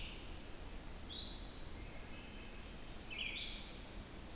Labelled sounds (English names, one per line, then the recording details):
Red-eyed Vireo song
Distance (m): 65 m
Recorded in boreal forest in Alberta, Canada, on 14 June 2016 at 06:22
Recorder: SongMeter 3, array SBT-3-33
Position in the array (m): 154 m, 180 m